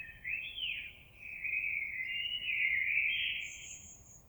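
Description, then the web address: Common blackbird delivering a long, continuous fluty warble with small turns in pitch and a thin high note near the end. On 26 April 2022. "oiseaux Merle 2022 04 26"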